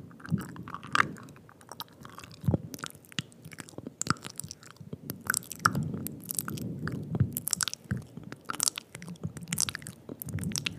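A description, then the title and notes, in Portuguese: Wet mouth sounds fill the clip, with dense, irregular clicks and smacks snapping over a soft, low murmur. Sharp bright pops come every fraction of a second, sometimes clustered, with a chewing, squishy texture throughout and no pauses longer than a moment. ASMR intenso com sons de boca molhados.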